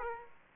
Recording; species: mosquito wingbeat signal from an infrared sensor; Aedes aegypti